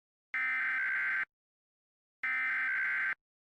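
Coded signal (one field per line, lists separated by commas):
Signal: Emergency Alert System (SAME) tones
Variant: header bursts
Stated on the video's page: Fictional mock EAS alert, "The Roach Invasion" part 3.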